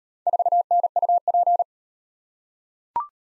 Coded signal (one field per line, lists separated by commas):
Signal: Morse code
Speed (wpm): 38 wpm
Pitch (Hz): 700 Hz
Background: none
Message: 4NUP